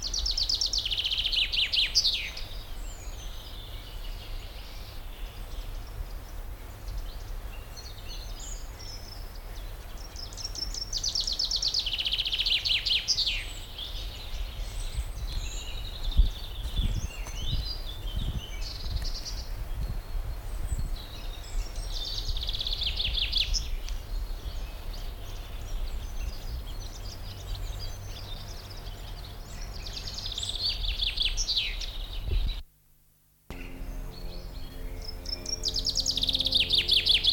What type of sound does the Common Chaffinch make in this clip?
song